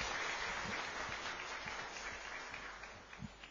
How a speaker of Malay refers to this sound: Boleh tepuk tangan kayaknya biar lebih semangat.